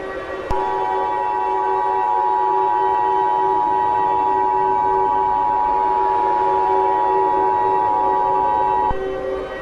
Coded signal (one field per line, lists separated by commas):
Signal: Emergency Alert System (SAME) tones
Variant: 853 and 960 Hz attention tone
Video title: EAS Scenario 4: You Will Pay